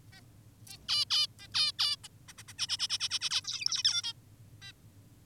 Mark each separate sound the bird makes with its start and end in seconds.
0.12-0.21, 0.67-0.78, 0.88-1.05, 1.10-1.27, 1.40-1.48, 1.54-1.72, 1.79-1.96, 2.04-2.08, 2.28-2.33, 2.38-2.43, 2.48-2.54, 2.58-2.67, 2.69-2.77, 2.79-2.88, 2.90-2.98, 3.00-3.09, 3.10-3.19, 3.21-3.30, 3.31-3.42, 3.44-3.83, 3.84-4.02, 4.04-4.13, 4.62-4.72